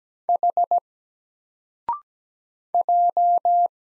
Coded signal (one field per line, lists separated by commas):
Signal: Morse code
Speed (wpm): 17 wpm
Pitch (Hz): 700 Hz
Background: none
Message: H J